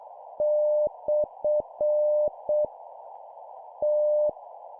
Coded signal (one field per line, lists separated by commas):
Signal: Morse code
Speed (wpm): 7 wpm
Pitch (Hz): 600 Hz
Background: none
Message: / T